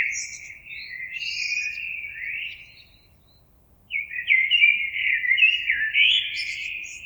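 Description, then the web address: Common blackbird delivering two rich, flowing song phrases with high squeaky notes mixed in, separated by a pause of about a second. Recorded on 26 April 2022. "oiseaux Merle 2022 04 26"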